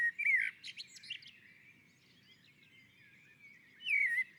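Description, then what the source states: Common blackbird song: a fluted warbling phrase near the start with squeaky twittering after it, then a quiet pause and another fluted phrase near the end. Sung from a roof.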